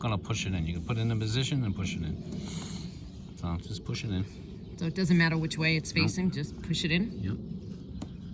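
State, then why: Seated. A new wedge-base license plate bulb for a 2002 Ford Escape, held with gloves or a paper towel, is pushed straight into its plastic license plate lamp socket while someone talks. A single sharp hit is heard at 8.0 s as the bulb seats in the socket.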